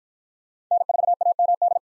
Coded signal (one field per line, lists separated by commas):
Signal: Morse code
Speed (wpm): 53 wpm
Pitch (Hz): 700 Hz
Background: none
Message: N4AMD